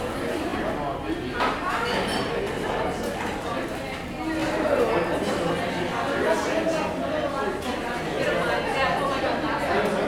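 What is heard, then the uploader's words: Dense overlapping chatter fills a busy cafe at lunch, a steady indoor crowd murmur with occasional clinks and a woman's voice. Lunch at the Busy Cafe.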